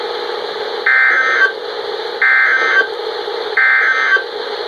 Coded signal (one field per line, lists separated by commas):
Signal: Emergency Alert System (SAME) tones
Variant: end-of-message bursts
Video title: ERROR 404: VIDEO NOT FOUND... | EAS Alerts from June 2021 (EAS #856-870)